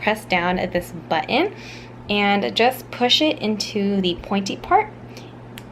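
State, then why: Seated. Someone talks while pressing the clasp button of a metal Louis Vuitton Confidential bracelet with an index finger and pushing it into the bracelet's pointy end, held facing away from the body. A sharp click at 5.6 s marks the clasp snapping shut, and the bracelet is fastened.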